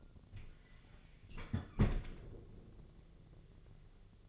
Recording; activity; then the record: daily activity, microphone in the room; close fridge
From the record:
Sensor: 4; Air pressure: 1000.9 hPa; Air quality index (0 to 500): 135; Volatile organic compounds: 2 ppm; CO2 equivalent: 1007 ppm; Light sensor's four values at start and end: 23/54/23/24 and 26/62/26/28